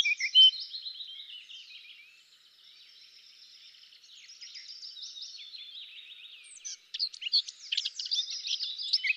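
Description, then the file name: Eurasian blackcap with a brief loud whistle, a long soft twittering warble, then a burst of louder, varied chirps at the end. "Sylvia atricapilla"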